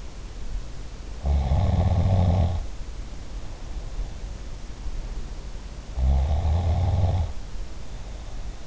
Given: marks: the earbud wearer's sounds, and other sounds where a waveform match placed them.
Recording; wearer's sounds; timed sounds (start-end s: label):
sounds in sleep by an in-ear microphone; snoring breath
1.15-4.16 s: snoring breath
5.92-8.67 s: snoring breath